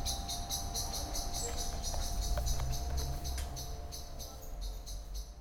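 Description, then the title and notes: Common blackbird scolding: sharp, clicking chinks repeated about four times a second, with a steady low rumble beneath. Excited scolding while flying from tree to tree; Lütticher Straße, Cologne, in the morning; nearfield recording. "cologne, lütticherstrasse, amsel. amsel aufgeregt schimpfend fliegt von baum zu baum, im hintergrund fahrradfahrer und fussgänger auf dem bürgersteig, morgens"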